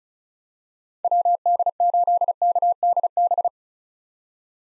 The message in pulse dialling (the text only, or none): none